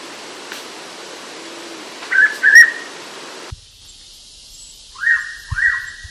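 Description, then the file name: Hooded pitta calling twice, each a pair of quick whistled notes, the pairs about three seconds apart. "pitta sordida"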